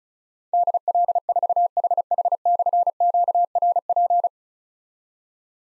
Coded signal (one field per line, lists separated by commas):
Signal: Morse code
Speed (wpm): 36 wpm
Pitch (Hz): 700 Hz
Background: none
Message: DL4HH/QRP